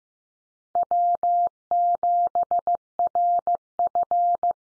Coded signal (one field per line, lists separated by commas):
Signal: Morse code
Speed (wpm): 15 wpm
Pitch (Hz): 700 Hz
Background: none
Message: W7RF